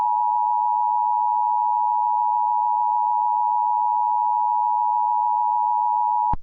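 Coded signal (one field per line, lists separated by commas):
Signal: Emergency Alert System (SAME) tones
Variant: 853 and 960 Hz attention tone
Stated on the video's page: Fictional scenario alert, issued through the main weather service.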